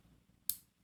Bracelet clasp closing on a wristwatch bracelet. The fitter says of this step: there's that very satisfying snap but you